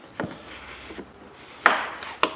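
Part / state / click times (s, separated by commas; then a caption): headlight rear dust cover onto headlight housing / seated / 1.7 s, 2.2 s. The plastic rear dust cover over the power section of a D3S xenon bulb in an Audi A4 B8/B7 headlight is pressed onto the headlight housing after the bulb change. A faint knock near 0.2 s is followed by sharp snaps at 1.7 s and 2.2 s as the cover clips tight and seats. It must be fully closed so water cannot get in and burn out the xenon lamp.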